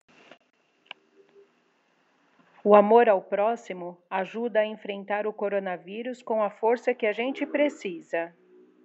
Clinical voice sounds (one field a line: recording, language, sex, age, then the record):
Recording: spoken sentence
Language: Brazilian Portuguese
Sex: female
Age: 50 to 59 years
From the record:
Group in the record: control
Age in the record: 50 years